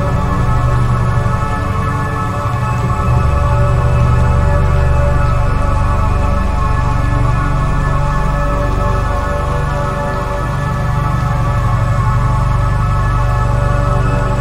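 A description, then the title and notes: Rain sounds blend with meditative music, a steady wash of soft hiss under long sustained tones. The low drone holds evenly throughout, with slight swells in the bass around the middle, and no sharp events break the calm, unchanging texture. Soothing Rain Meditation Music. Rain sounds combined with meditative music.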